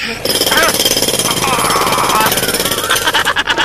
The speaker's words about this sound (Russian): Маэстро, будьте добры, включите вот этот вот компрессор, который я сегодня пригнал. И вот он, мой ненаглядный отбойный молоток.